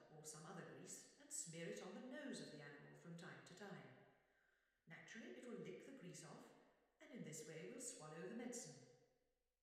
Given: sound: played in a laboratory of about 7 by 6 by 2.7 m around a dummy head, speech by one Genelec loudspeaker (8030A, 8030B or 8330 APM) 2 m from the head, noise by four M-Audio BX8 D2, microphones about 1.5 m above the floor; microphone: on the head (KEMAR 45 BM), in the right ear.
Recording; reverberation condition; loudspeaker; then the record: female speech in English; high; 120 degrees to the right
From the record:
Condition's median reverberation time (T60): about 1300 ms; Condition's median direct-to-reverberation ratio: about -4.0 dB